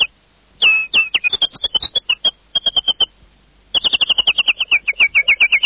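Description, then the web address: Bird calls: a series of short, repeated chirps, a brief silence, then another run of chirps falling slightly in pitch. "animali uccelli uccelli birds"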